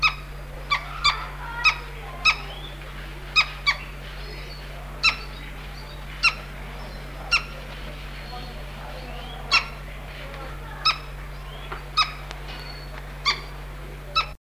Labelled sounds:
Green Woodhoopoe call

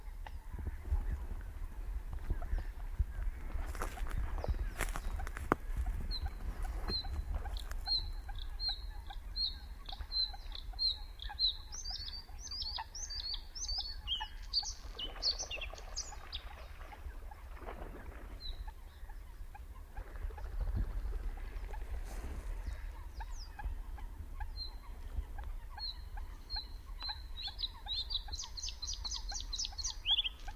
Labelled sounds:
Bluethroat song

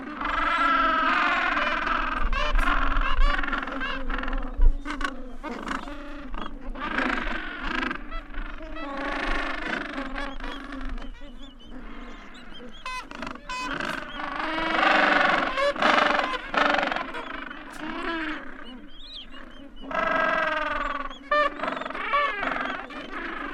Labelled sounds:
Gentoo Penguin call

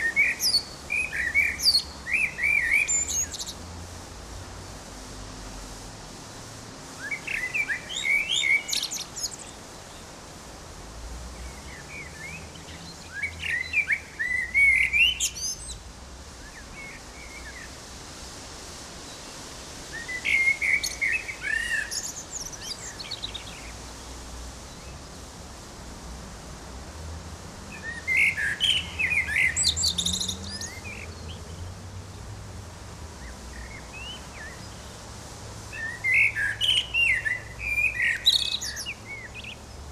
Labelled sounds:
Common Blackbird song

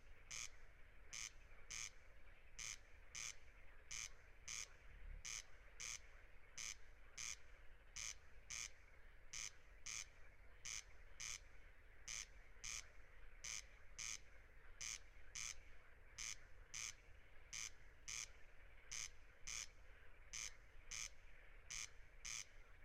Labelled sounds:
Corn Crake song

